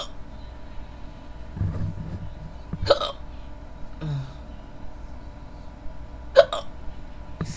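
Sharp, abrupt hiccup sounds from an adult late at night, two clear ones about three and a half seconds apart, over low background hum.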